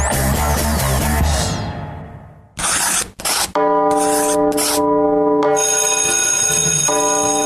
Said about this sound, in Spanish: Ya tocó la campana.